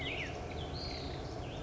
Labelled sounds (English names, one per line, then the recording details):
Black-headed Grosbeak
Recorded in Sonoma County, California